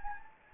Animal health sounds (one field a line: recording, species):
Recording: mosquito wingbeat signal from an infrared sensor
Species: Anopheles gambiae